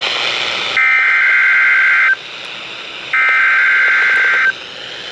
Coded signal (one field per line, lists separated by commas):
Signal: Emergency Alert System (SAME) tones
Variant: header bursts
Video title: Severe Thunderstorm Warning 2 On WXJ75, WMAY-FM, & WMKR-FM 3/19/2025 (EAS #2,732-2,734)